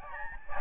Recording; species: mosquito wingbeat signal from an infrared sensor; Aedes albopictus